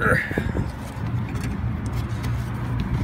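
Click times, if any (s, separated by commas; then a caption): none. A plastic replacement EVAP canister vent valve is handled and slid toward its mounting bracket on a 2008 GM 1/2-ton pickup truck while someone talks over a low, steady rumble. Only faint handling and rustling sounds are heard, and nothing has seated or clicked yet.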